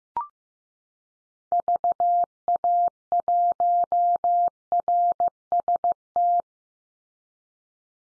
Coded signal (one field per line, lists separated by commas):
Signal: Morse code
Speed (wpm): 15 wpm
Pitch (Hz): 700 Hz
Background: none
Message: VA1RST